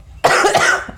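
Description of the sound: One abrupt, harsh cough burst lasting under a second, from an adult woman who is very raspy and coughs so often she cannot finish a full sentence without coughing.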